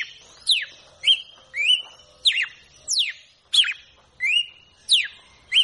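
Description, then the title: Red-cowled cardinal song: sharp, high whistles that drop steeply in pitch, mixed with rising notes that level off, repeated in a lively, steady run. "Galo De Campina"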